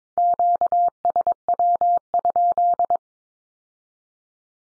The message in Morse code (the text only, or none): QSW?